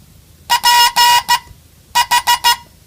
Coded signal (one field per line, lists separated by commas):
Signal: Morse code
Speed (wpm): 14 wpm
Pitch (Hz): 960 Hz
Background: none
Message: PH